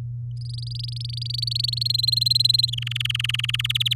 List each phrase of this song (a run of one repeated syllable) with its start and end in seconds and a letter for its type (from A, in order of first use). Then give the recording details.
0.37-1.92 A, 1.94-2.70 B, 2.72-3.67 C, 3.69-3.94 D. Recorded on 7 May 2018 at 13:20. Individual llb16